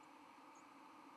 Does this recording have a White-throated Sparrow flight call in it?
no